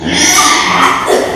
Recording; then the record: squeal of a Yucatan mini pig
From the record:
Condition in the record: before surgery on the right vocal fold (resection and tissue-engineered implant); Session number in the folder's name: 2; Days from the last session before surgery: 0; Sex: male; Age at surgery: 12 weeks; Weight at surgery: 13 kg